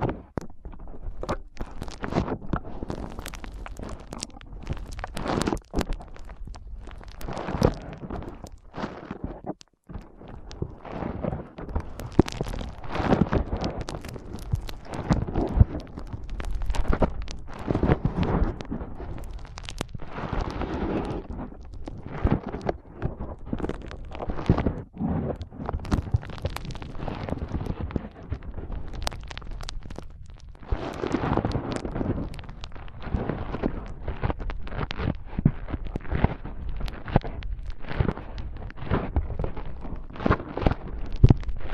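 Foam is rubbed and squeezed against the microphone in a dense, uneven stream of crackling scrunches and soft low thumps. The rustling swells and fades in waves, with brighter bursts around twenty and thirty seconds and a brief near-silence just before ten seconds.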